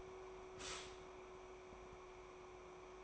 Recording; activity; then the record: daily activity, microphone in the room; stop toaster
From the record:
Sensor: 1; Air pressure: 1014.7 hPa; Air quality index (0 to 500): 198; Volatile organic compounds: 32 ppm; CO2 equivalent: 2999 ppm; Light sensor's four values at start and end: 3/8/3/3 and 3/8/3/3